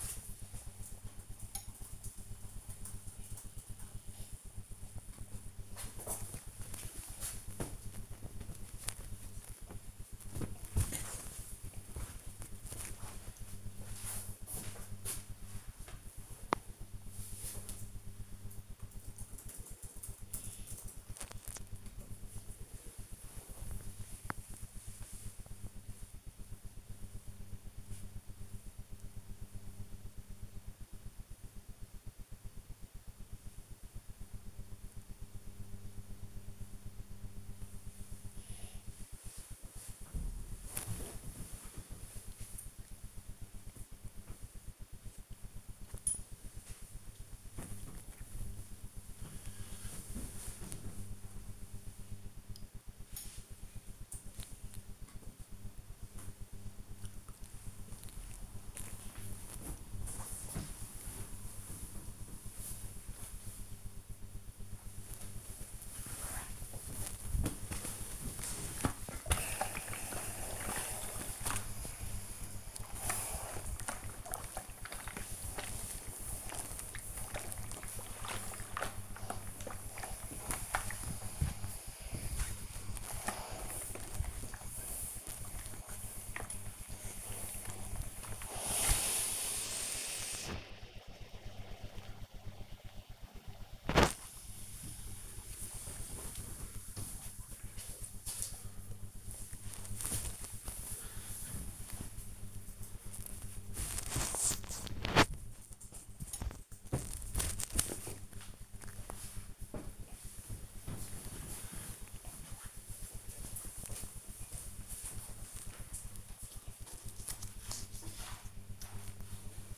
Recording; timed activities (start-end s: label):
household activities, microphone on the right wrist
4.43-21.51 s: folding laundry
54.66-87.77 s: ironing laundry
92.80-109.85 s: folding laundry